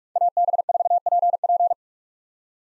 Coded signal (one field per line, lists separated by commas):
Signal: Morse code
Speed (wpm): 47 wpm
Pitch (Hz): 700 Hz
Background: none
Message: AB4PP